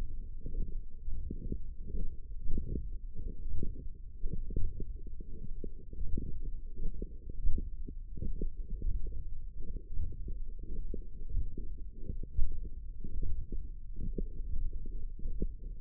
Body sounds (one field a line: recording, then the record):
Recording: forearm muscle sounds (acoustic myography)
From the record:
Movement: forearm supination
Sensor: system 1, eight BSWA MPA416 microphones around the upper forearm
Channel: 6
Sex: male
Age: 21 years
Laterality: right